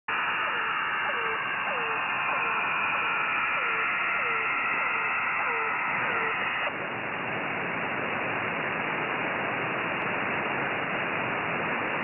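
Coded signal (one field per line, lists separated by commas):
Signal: channel marker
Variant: The Air Horn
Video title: The Air Horn on 4930 kHz September 17, 2022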